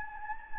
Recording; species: mosquito wingbeat signal from an infrared sensor; Anopheles gambiae